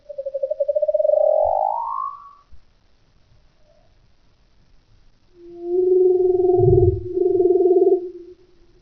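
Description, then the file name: Leopard seal trills, a pulsed rising trill sliding upward for two seconds, a pause, then a long steady pulsed trill on two tones broken briefly partway through. Recorded in Antarctica in 2014; trills and whistles. "leopard seal trills and whistles - brian miller - australian antarctic division - casey 2014"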